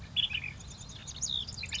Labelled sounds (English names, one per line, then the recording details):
Ash-throated Flycatcher
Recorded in Sonoma County, California